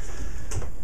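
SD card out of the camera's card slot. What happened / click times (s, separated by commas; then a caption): The card clicked out of its spring slot / 0.5 s. An SD card is taken back out of a camera's spring-loaded card slot, releasing with a short click at 0.5 seconds. The click is a brief, bright transient against a steady low background hum.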